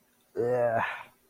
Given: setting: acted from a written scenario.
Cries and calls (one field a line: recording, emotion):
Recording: vocal sound without words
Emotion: disgust